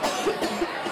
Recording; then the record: coughing mixed with background sound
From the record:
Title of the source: 61 morning phlegmy cough...again